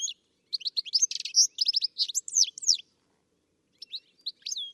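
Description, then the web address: Bird calls, a rapid jumble of high, sharp chirps and buzzy trills for about two seconds, a pause, then a few more scattered high notes. "Deverinetal. Bird Only"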